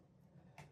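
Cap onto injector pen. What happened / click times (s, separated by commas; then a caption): The plastic cap snapped onto the pen / 0.6 s. A plastic cap is pushed back onto a used injector pen after an injection to cover the needle. A single short, sharp click sounds at 0.6 s over a quiet low hum. The cap is seated.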